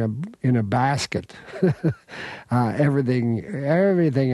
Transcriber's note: soundbite of laughter